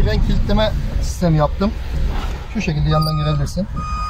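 A brake lock latch on a hand-operated throttle and brake control fitted to a car is being handled, while someone talks over a steady low hum. Nothing has seated or clicked yet.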